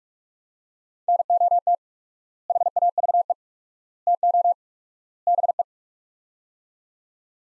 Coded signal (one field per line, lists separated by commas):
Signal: Morse code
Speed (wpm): 41 wpm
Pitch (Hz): 700 Hz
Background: none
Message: NOT HAVE TO BE